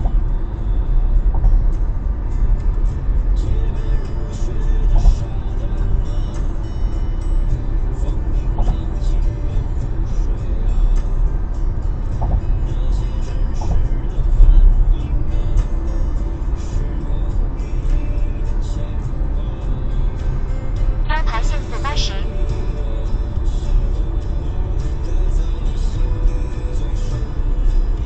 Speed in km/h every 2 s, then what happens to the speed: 103, 103, 102, 102, 102, 102, 103, 103, 103, 103, 103, 101, 99, 97.
0-19 steady at about 103. 19-28 slows to 97.